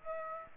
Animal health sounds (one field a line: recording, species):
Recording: mosquito wingbeat signal from an infrared sensor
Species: Aedes aegypti